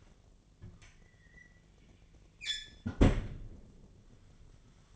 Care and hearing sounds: daily activity, microphone in the room; close fridge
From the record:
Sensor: 4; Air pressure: 1010.5 hPa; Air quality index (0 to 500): 176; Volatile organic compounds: 5 ppm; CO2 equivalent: 1788 ppm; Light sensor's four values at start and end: 28/83/32/33 and 34/99/39/39

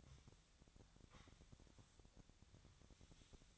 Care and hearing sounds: daily activity, microphone in the room; sweep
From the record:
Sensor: 3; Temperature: 25.7 degrees Celsius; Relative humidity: 37.5%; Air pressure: 1006.9 hPa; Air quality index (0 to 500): 204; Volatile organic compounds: 18 ppm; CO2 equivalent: 2612 ppm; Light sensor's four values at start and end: 11/26/11/10 and 11/26/11/10

